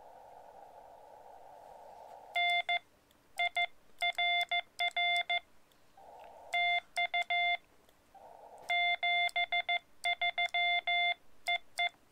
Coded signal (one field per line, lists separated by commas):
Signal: Morse code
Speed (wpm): 15 wpm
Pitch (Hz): 2100 Hz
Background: none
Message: N IRR TU 73 EE